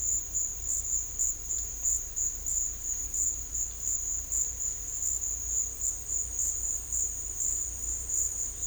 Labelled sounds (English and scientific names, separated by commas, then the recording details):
none
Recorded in dense forest near Puerto Asís, Putumayo, Colombia, on 18 December 2024 at 14:00
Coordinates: 0.484, -76.317
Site G026